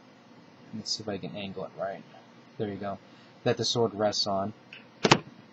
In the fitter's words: with this thing pops off like that.